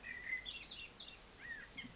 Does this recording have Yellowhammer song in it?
no